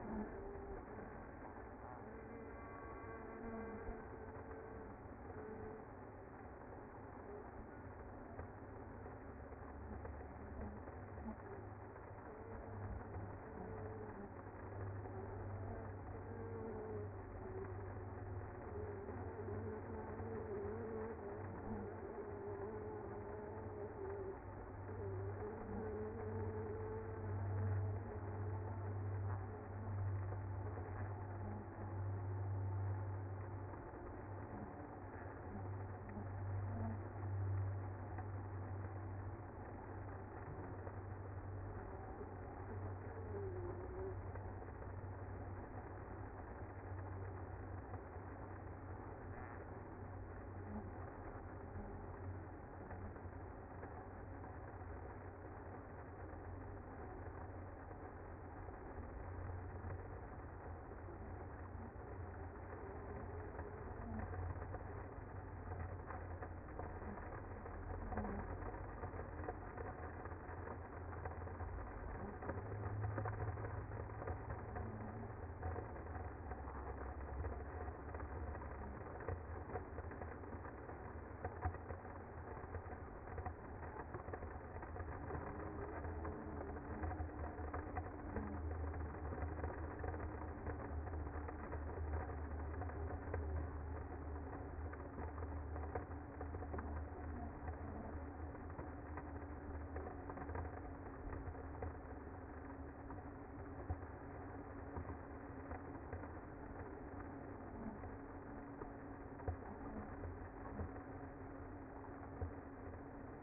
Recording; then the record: honeybee colony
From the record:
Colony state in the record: active